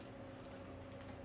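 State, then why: Not seated. A Patriot Viper DDR4 3600 MHz memory module from a 64 GB kit is handled over a motherboard DIMM slot, with a steady low hum and faint tonal whine throughout and no sharp sounds. Nothing has seated or clicked yet.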